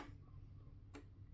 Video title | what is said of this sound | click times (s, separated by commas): Track and points maintaince repairs, plus Britania runs for the first time in many years. | Nice positive click | 0.9 s